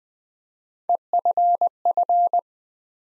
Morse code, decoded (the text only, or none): EFF